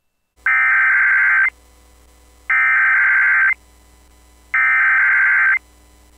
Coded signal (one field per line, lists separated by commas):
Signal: Emergency Alert System (SAME) tones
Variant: header bursts